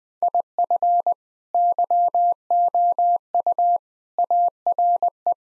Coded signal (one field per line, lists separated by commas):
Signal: Morse code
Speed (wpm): 20 wpm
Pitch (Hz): 700 Hz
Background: none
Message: IF YOU ARE